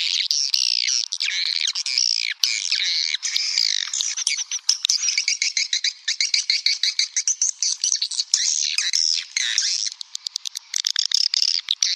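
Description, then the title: Swiftlet calls forming a continuous busy twitter of rising and falling chirps, punctuated by many sharp clicking pulses. "Suara Burung Wallet"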